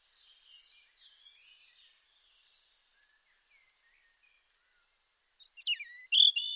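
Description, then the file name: European robin song: faint, thin high warbling phrases early on, then quiet, ending with a louder burst of rapid twittering, sliding notes. "Erithacus rubecula"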